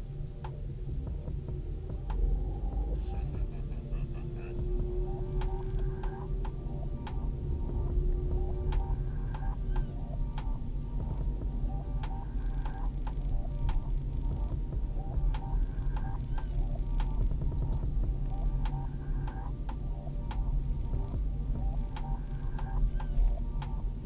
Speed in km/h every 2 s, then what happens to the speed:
16, 20, 24, 27, 29, 28, 30, 30, 30, 30, 29, 26.
0-8 speeds up to 29. 8-24 steady at about 29.